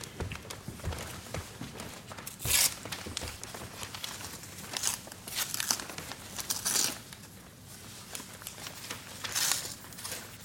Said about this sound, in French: Que chacune prenne un bout de papier, le replie et le dépose ici sur la table.